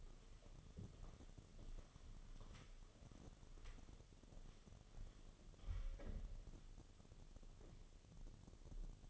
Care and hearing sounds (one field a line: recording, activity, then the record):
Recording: daily activity, microphone in the room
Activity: walk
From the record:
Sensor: 4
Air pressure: 1016.2 hPa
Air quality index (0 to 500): 161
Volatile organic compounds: 6 ppm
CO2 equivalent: 1843 ppm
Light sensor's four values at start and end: 9/21/8/8 and 9/20/8/8